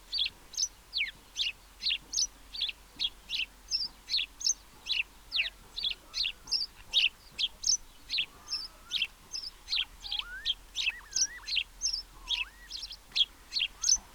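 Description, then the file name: House sparrow chirping in a rapid, continuous series of sharp notes; a few soft whistled notes from another bird appear in the second half. "Passer domesticus"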